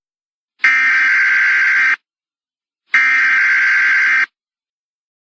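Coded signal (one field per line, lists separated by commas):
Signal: Emergency Alert System (SAME) tones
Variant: header bursts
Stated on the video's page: Simulated EAS scenario, fictional.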